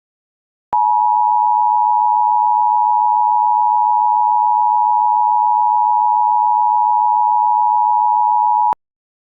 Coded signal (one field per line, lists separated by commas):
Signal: Emergency Alert System (SAME) tones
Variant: 853 and 960 Hz attention tone